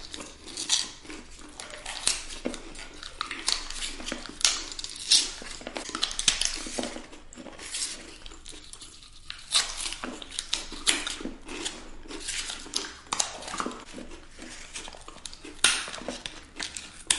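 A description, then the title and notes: Someone chews gummies and cakes with wet, sticky, clicking bites repeating about every half second, with a brief quiet pause near nine seconds. Eating gummies and candies and cakes, chewing sounds.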